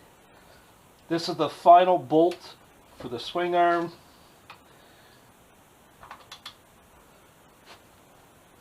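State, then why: Torque reached. Someone talks while torquing the final steel swing-arm pivot bolt on a 2007 Suzuki GSX-R 750 to 65 with a click-type torque wrench. After a few faint ratcheting ticks, the wrench gives a sharp click at 6.5 s, confirming the bolt has reached its torque setting.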